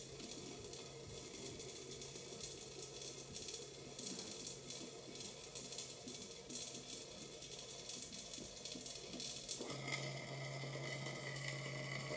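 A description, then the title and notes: Water drips onto a plastic cup in quick, uneven taps that form a dense patter of bright clicks with little pause between them. A low steady hum runs underneath, and just before ten seconds it shifts to a firmer, slightly louder drone. Water Dripping on Plastic Cup.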